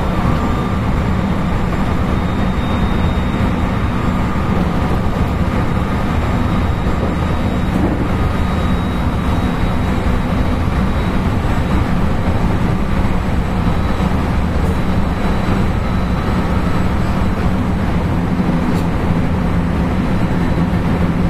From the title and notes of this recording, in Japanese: JR223系 新快速 新大阪から京都まで。JR西日本 223系電車の走行音です。JR京都線の新快速列車にて収録しました。